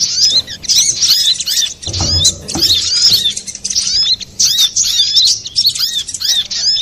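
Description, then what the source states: Little spiderhunter pouring out high, rapid chirping and ticking notes in bursts. Master recording for training cage birds; Indonesian name sogok ontong, labelled Labaik.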